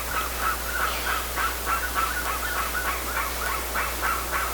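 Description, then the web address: A bird gives a rapid series of short, rough notes, about three per second, evenly paced over a hissing background. "BIRD 2015 SABIOD 50 bird 2015"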